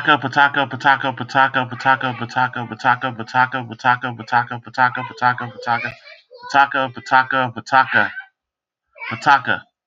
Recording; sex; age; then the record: repeated syllables /pa ta ka/; male; 40 to 49 years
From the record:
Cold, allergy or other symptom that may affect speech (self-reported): no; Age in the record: 44 years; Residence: California, United States